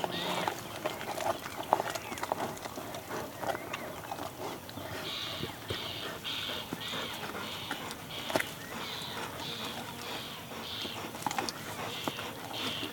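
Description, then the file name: Cheetah eating, with wet crunching, tearing and clicking bites throughout, plus a run of short, regular higher squeaky pulses in the second half. Cheetah eating and chewing, recorded close. "Digiffects Sound Effects Library - Close Cheetah Eating and Chewing"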